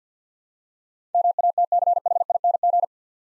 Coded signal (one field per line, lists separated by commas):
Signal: Morse code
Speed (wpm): 51 wpm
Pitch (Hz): 700 Hz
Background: none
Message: MATCHING